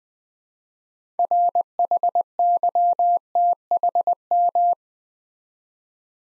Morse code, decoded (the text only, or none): RHYTHM